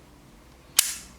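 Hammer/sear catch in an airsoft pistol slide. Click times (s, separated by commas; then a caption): 0.8 s. The slide of an airsoft gas pistol is eased back slowly until the hammer and sear catch, giving a faint, small click at 0.8 s and a fainter tick at 1.2 s. The hammer catch only half-engages: it sounds as if it is going in, but it has not actually locked.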